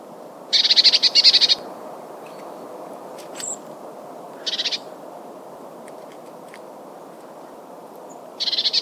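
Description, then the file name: Eurasian blue tit churring call: rapid buzzy rattles of quick pulses, one long burst then shorter ones about four and eight seconds later, with faint clicks and steady background hiss. "Cyanistes caeruleus"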